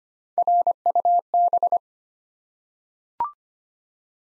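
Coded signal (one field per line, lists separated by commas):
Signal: Morse code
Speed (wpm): 25 wpm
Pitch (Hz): 700 Hz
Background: none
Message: RUB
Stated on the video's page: Morse head-copy drill of three-letter words at 25 wpm, each word sent, spoken, then sent again.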